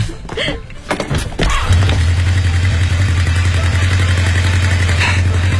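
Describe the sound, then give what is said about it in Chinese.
A motorcycle, just returned to its owner, is started up as a test: the engine cranks with a few sharp mechanical clatters, then catches and settles into a steady, loud low rumble of idling that holds evenly to the end. “你们听，这声音真好听。摩托车回家了，他心里也高兴啊。”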